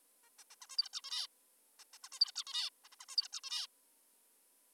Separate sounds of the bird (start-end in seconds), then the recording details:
0.23-0.30, 0.39-0.44, 0.51-0.55, 0.62-0.67, 0.70-0.77, 0.78-0.89, 0.93-1.01, 1.04-1.27, 1.80-1.84, 1.94-1.98, 2.04-2.09, 2.12-2.20, 2.20-2.32, 2.36-2.44, 2.47-2.70, 2.85-2.88, 2.92-2.96, 3.01-3.06, 3.09-3.16, 3.17-3.28, 3.33-3.40, 3.44-3.67. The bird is an adult. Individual g19o3U